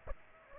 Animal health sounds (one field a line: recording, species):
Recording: mosquito wingbeat signal from an infrared sensor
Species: Aedes aegypti